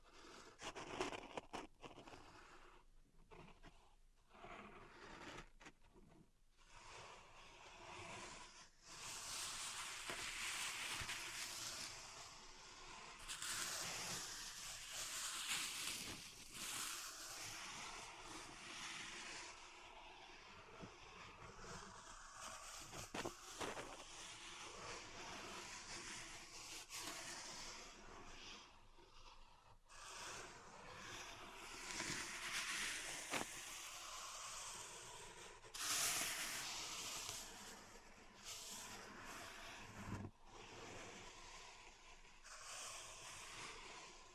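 Pink salt in a zen garden is raked and stirred, making a gritty, bright hiss that swells and fades in long strokes. The first several seconds are quieter, with sparse ticks. Sharp clicks and taps cut in now and then, around the middle and near the end.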